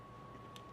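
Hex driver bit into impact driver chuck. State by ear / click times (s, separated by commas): seated / 0.7 s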